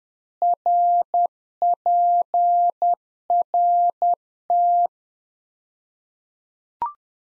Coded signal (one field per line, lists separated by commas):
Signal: Morse code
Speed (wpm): 10 wpm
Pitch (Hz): 700 Hz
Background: none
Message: RPRT